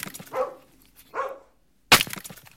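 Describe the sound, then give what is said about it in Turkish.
A dog barks twice with short, mid-pitched, spaced barks, followed by a loud, sharp woody crack and some clattering. “Gözcü gibi. Gelen biri olunca havlayıp haber veriyor. Biri geliyor anlaşılan.”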